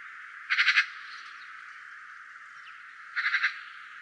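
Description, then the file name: Eurasian magpie giving harsh chattering calls: two rapid bursts of about four rasping notes, nearly three seconds apart, over steady background hiss. "Pica pica"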